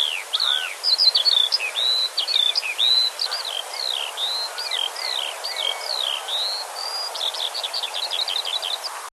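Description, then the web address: Eurasian skylark song, an endless flow of quick high whistled and chirped phrases, some rising or falling, over steady background noise. "ljud Alauda arvensis"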